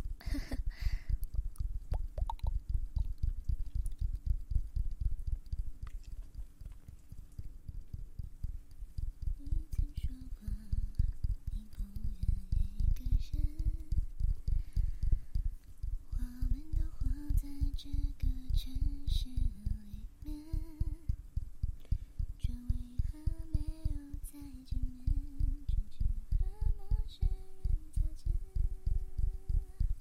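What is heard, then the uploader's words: Ear eating sounds: quick, steady low thumps run throughout, joined after ten seconds by a wavering, hum-like tone that slides up and down. ASMR Relaxing Ear Eating Sleep Time.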